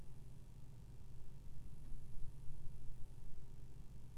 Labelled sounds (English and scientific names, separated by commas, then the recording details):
none
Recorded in France